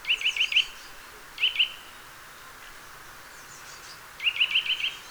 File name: Sitta europaea